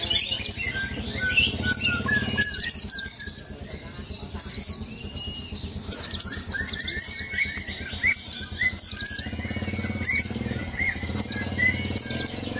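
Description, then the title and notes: White-eye song: continuous runs of high, rapid, downward-slurring chirps throughout, over dense background chatter and a low steady hum. Local name pleci. "Burung Peci. kumpuln pleci terbaru"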